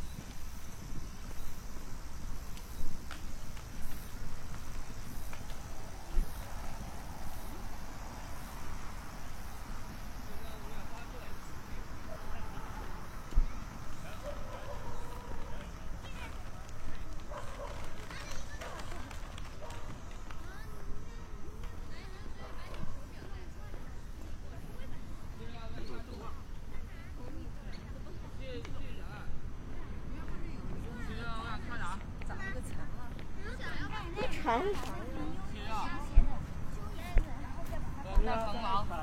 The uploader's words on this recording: 27℃ 多云天的午间散步. Noon Break Walking On A Cloudy Day.